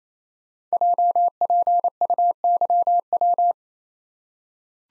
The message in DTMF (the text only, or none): none